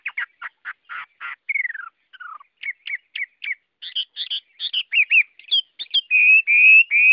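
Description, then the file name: Chinese hwamei song: rapid rasping notes, falling slurs and quick chirps building to long, loud, clear whistles near the end. Song in the 'forest voice' (giọng rừng) style. "Tieng hoa mi hot giong rung"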